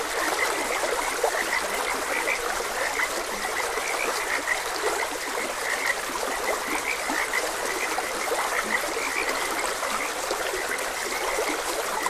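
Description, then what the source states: Frog croaks repeat continuously in a busy chorus while water trickles and rushes in the background. Frogs croaking beside a gentle stream.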